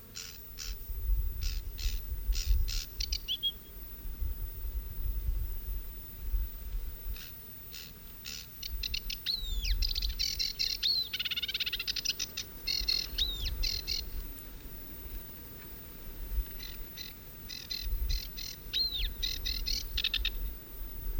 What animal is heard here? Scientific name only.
Acrocephalus schoenobaenus